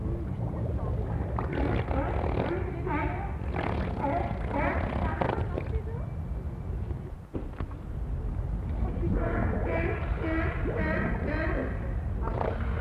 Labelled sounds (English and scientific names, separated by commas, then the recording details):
Harbor Seal (Phoca vitulina)
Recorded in captivity
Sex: male
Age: adult
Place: Zoo Berlin, Berlin, DE
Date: 1960-11-26 16:00
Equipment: Minifon, Kopie Smaragd
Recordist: Tembrock, Günter